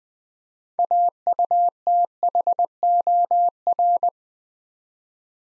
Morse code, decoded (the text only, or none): AUTHOR